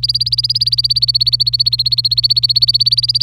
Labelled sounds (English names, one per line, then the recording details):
Domestic Canary song
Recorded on 26 April 2018 at 08:03
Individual llb3